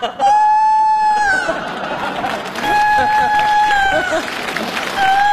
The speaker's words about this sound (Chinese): 这咋还打鸣呢？